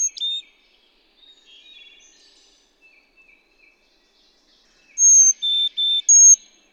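Bird song: a brief whistle at the start, faint twitters, then a loud phrase of four clear whistled notes, one high, two lower and one high again.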